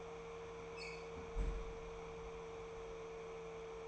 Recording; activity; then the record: daily activity, microphone in the room; close fridge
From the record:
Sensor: 1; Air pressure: 1014.9 hPa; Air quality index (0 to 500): 191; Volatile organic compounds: 21 ppm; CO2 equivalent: 2709 ppm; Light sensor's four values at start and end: 19/46/19/23 and 17/43/18/21